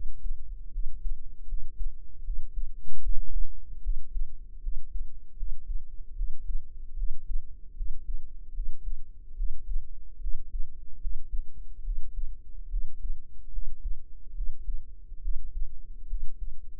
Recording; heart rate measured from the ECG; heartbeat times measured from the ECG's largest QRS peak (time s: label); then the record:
heart sounds by microphone in the right ear; 74 bpm
0.69 s: heartbeat
1.45 s: heartbeat
2.22 s: heartbeat
3.00 s: heartbeat
3.80 s: heartbeat
4.60 s: heartbeat
5.34 s: heartbeat
6.13 s: heartbeat
6.94 s: heartbeat
7.73 s: heartbeat
8.51 s: heartbeat
9.34 s: heartbeat
10.18 s: heartbeat
10.98 s: heartbeat
11.81 s: heartbeat
12.68 s: heartbeat
13.50 s: heartbeat
14.32 s: heartbeat
15.19 s: heartbeat
16.06 s: heartbeat
From the record:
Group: healthy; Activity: rest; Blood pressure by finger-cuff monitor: 97/66 mmHg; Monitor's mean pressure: 76 mmHg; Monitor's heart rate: 73 bpm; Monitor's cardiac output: 5.5 L/min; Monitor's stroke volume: 74 mL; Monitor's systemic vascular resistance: 1000 dyn s/cm5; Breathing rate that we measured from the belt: 20 breaths a minute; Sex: female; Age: 22 years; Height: 160 cm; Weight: 45 kg